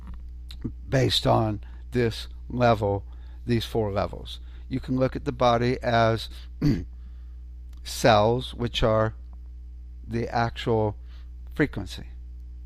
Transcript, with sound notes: based on this level, these four levels. You can look at the body as (clears throat) cells, which are the actual frequency.